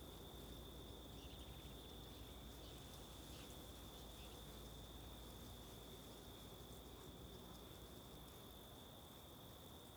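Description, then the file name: Cricket chorus holding one unbroken high-pitched trill, heavily overlaid by gusty wind noise across the low range. Several crickets recorded as ambience at the Mirante da Antena lookout, Alto Paraíso, with wind. "Ambiencia no Mirante da Antena de Alto Paraiso com Varios Grilos e Vento"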